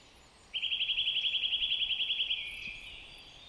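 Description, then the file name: Eurasian nuthatch trill, a rapid even run of high piping notes about two seconds long, ending in a drawn-out fading tone. "Sitta europaea"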